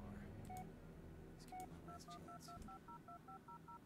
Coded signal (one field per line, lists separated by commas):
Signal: DTMF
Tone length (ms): 100 ms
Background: speech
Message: 2122502500